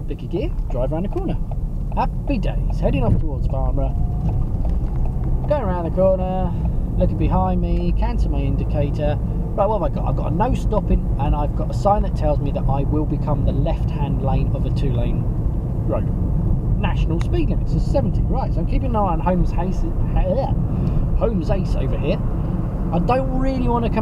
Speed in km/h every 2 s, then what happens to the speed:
21, 26, 34, 42, 47, 45, 53, 53, 53, 52, 53, 55.
0-24 speeds up to 55.